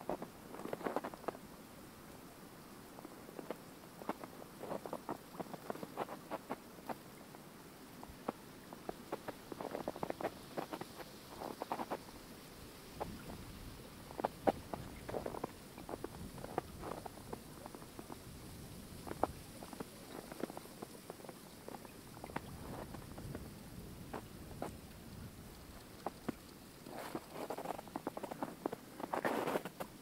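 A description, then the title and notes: Boots crunch through snow in a steady walking rhythm, over a constant soft rush of flowing water in the background. Walking in Snow. Take a walk through the snow covered woodlands of Pennsylvania. This was recorded with binaural in-ear microphones.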